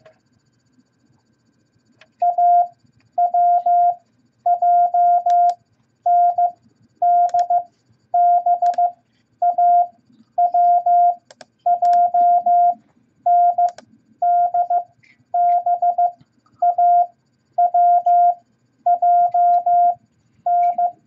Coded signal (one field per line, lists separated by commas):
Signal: Morse code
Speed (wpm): 15 wpm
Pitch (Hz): 700 Hz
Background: none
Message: A W J N D B A W J N D B A W J N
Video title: Morse Code Practice Beginner Set AWJNDB At 15 Words Per Minute #4!